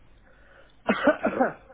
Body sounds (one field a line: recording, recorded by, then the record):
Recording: voluntary cough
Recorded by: telephone call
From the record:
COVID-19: negative